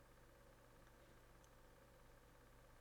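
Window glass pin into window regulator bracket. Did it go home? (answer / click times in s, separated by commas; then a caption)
no / none. A rear door window glass on a 2004 Jeep is handled as its pin is positioned to be squeezed through the window regulator bracket during a window regulator replacement. A steady low hum and broadband noise run throughout, with a couple of faint high ticks. Nothing has seated or popped into place yet.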